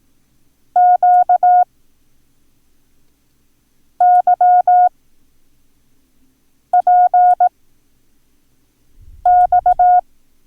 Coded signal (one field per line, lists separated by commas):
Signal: Morse code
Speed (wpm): 18 wpm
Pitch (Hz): 720 Hz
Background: none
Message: QYPX